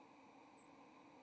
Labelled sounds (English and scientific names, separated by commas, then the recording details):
White-throated Sparrow (Zonotrichia albicollis) flight call
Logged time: 08:08 on 30 October 2014